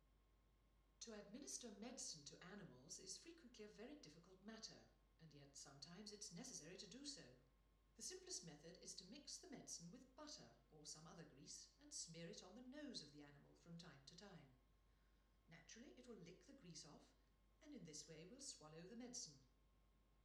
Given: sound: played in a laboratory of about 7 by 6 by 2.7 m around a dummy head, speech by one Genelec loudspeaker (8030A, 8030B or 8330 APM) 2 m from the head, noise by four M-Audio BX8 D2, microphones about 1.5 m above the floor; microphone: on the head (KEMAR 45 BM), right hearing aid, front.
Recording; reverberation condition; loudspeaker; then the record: female speech in English; medium; 30 degrees to the right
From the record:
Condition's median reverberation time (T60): about 510 ms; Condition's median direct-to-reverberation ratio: about -0.5 dB